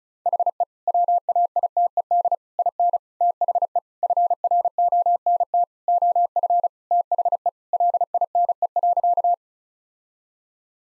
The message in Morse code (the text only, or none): HE WAITED IN THE FRONT OF THE LINE.